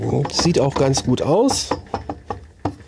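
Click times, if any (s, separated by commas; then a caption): 2.1 s, 2.3 s, 2.7 s. A fan housing is pushed and tapped onto the crankcase of a Lambretta RT195 scooter engine while someone talks, with sharp knocks at 2.1, 2.3 and 2.7 seconds as it is worked into place. The housing is not yet fully seated, and washers and three M6 nuts are to be fitted next to pull it home.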